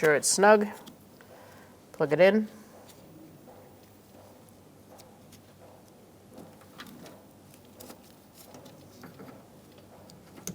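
Someone talks briefly at the start while a plastic wiring harness connector is handled for plugging into a component inside the front door of a 2002-2006 Toyota Camry during a front window regulator replacement. Quiet rustling and a few faint ticks and taps follow. Nothing has seated or clicked yet when the clip ends.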